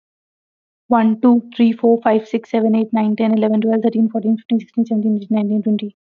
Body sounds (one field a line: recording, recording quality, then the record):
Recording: counting at a fast pace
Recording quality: excellent, no background noise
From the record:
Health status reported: healthy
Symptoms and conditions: none ticked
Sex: female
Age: 25 years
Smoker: not ticked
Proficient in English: yes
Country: India